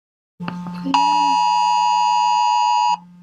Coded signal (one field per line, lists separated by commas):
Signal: Emergency Alert System (SAME) tones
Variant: 853 and 960 Hz attention tone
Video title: why is the taco talking eas